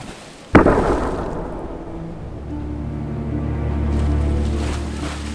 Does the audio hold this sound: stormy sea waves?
yes